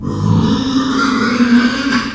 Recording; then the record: squeal of a Yucatan mini pig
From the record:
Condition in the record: after surgery on the right vocal fold (resection and tissue-engineered implant); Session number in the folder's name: 12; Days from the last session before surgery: 105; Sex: female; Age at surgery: 19 weeks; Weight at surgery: 25 kg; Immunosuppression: prednisolone